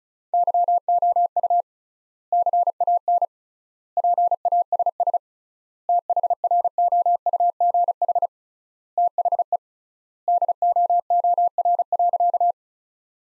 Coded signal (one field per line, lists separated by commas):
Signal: Morse code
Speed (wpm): 34 wpm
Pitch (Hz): 700 Hz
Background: none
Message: YOU CAN PASS THROUGH THE DOOR.